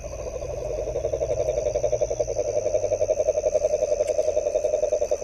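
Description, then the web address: Frog calls, a steady low throbbing pulse about four times a second, growing slightly louder, over a faint constant hum. Recorded 23 January 2022 between 21:00 and 23:00. "frog rec 21-23 20220123"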